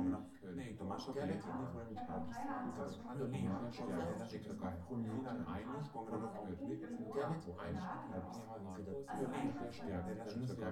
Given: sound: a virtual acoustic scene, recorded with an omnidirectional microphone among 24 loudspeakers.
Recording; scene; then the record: noise of the scene; living room, symmetric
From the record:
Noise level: 70 dB SPL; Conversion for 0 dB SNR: 6.9 dB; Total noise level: 76.9 dB SPL